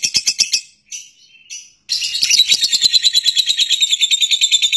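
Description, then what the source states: Lovebird starting with a few clipped chirps and short bursts separated by pauses, then breaking into a continuous fast, high twittering chatter. Long continuous chatter, called ngekek panjang.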